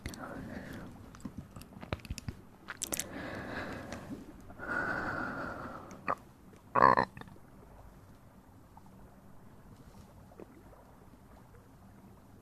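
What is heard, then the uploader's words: Wet mouth sounds and soft breathing with clicks and smacks, breathy swells near four and five seconds, a sharp burst near seven, then quiet. Mouth Sounds & Breathing.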